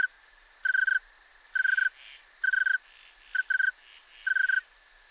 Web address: Crickets and Katydids. Snowy Tree Cricket, Oecanthus fultoni